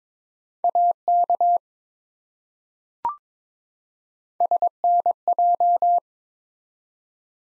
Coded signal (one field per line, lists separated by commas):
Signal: Morse code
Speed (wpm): 22 wpm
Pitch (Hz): 700 Hz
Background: none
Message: AK SNJ